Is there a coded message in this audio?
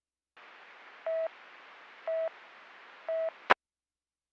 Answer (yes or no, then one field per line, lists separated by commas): no